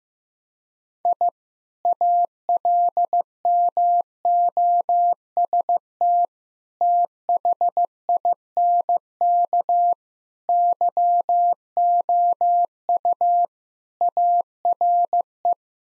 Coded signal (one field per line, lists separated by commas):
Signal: Morse code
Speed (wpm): 15 wpm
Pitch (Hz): 700 Hz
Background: none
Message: I ALMOST THINK YOU ARE